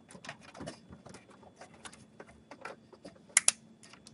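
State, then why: Seated. A SATA data cable's L-shaped plastic connector is pushed into the far right bottom SATA port on a motherboard, with light rustling and tapping handling noise throughout. Two sharp clicks ring out at 3.4 s and 3.5 s as the connector seats, and it is good to go.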